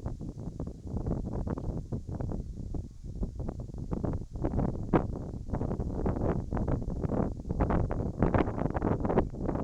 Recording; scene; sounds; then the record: everyday scene through a hearing-aid microphone; wind on the microphone; wind, whistling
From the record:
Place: in front of a rural house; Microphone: in the ear canal, right